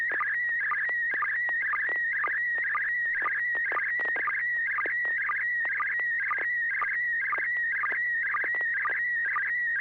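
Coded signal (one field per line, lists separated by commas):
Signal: SSTV (slow-scan television)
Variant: PD120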